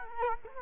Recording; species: mosquito wingbeat signal from an infrared sensor; Culex quinquefasciatus